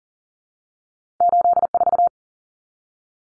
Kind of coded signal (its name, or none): Morse code